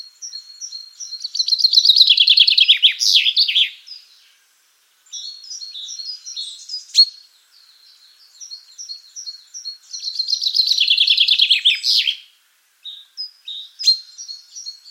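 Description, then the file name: Common chaffinch song, a run of bright chipping notes descending into a flourish, repeated twice, with thin chirps and calls between phrases. "Fringilla coelebs"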